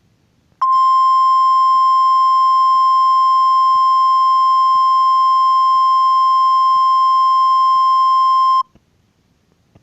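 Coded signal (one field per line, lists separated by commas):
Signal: Emergency Alert System (SAME) tones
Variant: 1050 Hz attention tone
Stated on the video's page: Fictional EAS scenario.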